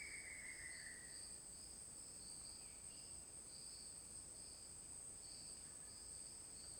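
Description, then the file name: Crickets chirping in a steady high pulsing trill with a constant shrill whine above, and a bird note near the start. Forest ambience; crickets with an isolated bird song. "Ambiente na floresta com grilos e canto de passaro isolado"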